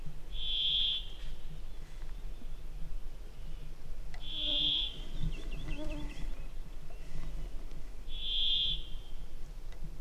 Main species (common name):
Brambling